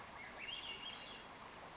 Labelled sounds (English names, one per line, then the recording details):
Western Flycatcher
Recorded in Sonoma County, California